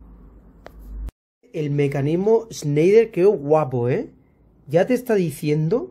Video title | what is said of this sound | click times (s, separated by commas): Cómo conectar enchufes eléctricos? En qué circuito conecto? | El enchufe por encima se presiona y ya está eh hace clic y ya está ya Lo tendríamos eh venga | 0.7 s